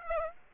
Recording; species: mosquito wingbeat signal from an infrared sensor; Aedes aegypti